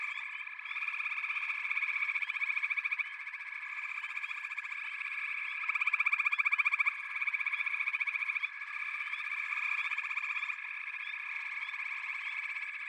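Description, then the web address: Frogs calling together in a continuous, buzzing chorus of rapid pulsed trills, swelling briefly around the middle before settling back to an even drone. "Echoes of Nature - Frog Chorus"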